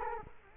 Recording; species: mosquito wingbeat signal from an infrared sensor; Culex quinquefasciatus